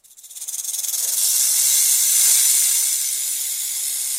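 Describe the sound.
Snake hiss: a breathy, high-pitched hiss that swells over the first second with a slight fluttering pulse, then holds steady to the end.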